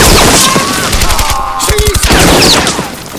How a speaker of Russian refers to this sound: Старшина берет следующий автомат. Точными короткими очередями поражает двух немцев.